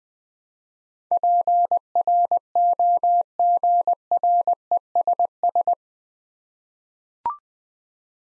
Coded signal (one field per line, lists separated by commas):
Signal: Morse code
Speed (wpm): 20 wpm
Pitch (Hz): 700 Hz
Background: none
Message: PROGRESS